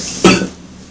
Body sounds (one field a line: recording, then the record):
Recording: coughing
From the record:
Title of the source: Residual Phlegmy Morning Coughing and Gagging